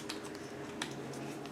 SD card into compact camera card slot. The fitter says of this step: Pop the SD card in there like that till you hear it clicks.